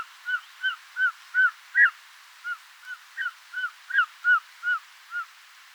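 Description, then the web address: Short-toed snake eagle calling, a long series of about a dozen arched, whistled yelps in quick succession, a few notes sharper and higher. "circaetus gallicus call"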